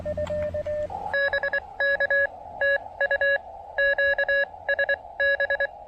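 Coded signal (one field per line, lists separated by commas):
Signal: Morse code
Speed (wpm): 23 wpm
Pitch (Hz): 1650 Hz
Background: none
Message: BK TU QSB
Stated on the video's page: Parks on the Air CW activation on 20, 30 and 17 meters.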